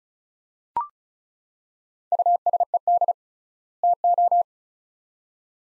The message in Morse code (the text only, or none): USED TO